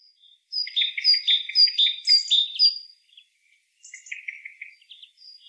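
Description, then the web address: Great tit calls: a fast run of bright, ringing notes followed by a quieter buzzy chatter and a few scattered high chips. "SETE data Parus major"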